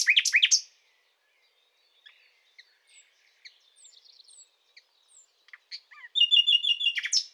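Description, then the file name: Common nightingale singing: a loud burst of rapid notes, a stretch of soft scattered notes, then a fast rattling trill of repeated notes. "Luscinia megarhynchos"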